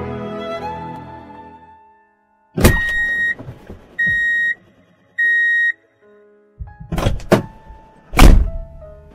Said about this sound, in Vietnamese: Tiếng mở cửa xe rồi đóng sầm lại khá mạnh.